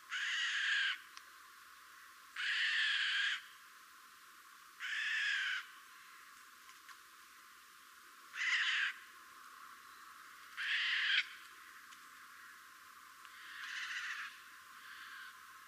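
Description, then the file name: Eurasian jay giving harsh, raspy screeches, about six broad noisy calls spaced a few seconds apart, with quiet background between them. "Garrulus glandarius"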